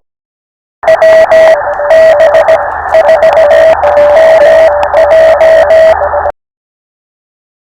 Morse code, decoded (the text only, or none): WB4MJ